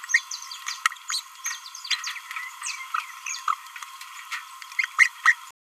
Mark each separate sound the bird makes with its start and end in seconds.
2.93-3.00, 3.47-3.55, 4.78-4.87, 4.98-5.09